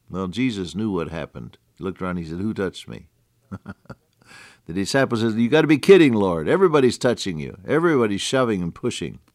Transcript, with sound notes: Well, Jesus knew what happened. He looked around and and He said, “Who touched me?” [chuckle] The disciples said, “You gotta be kidding, Lord. Everybody’s touching you, everybody’s shoving and pushing.”